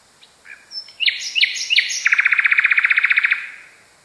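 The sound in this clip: Nightingale song: a few rising introductory notes and sharp chips, then a long rapid trill.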